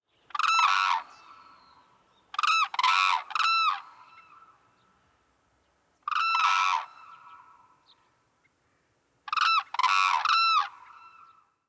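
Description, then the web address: Hooded crane giving loud, harmonic, trumpeting calls in four short bursts of one to three notes over about twelve seconds, with quiet pauses between bursts. "nabeduru"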